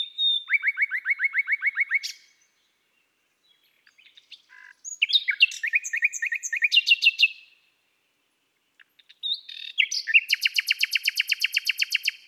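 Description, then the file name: Common nightingale song: rapid repeated note series, varied whistled and buzzy phrases, and a final fast trill after a pause. "Rossignol philomele Chants doiseaux des bois et des forets"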